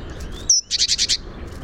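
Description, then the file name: Great tit call: a thin high whistled note, then five quick buzzy churring notes in an even run, over a soft low background hum. "Parus major"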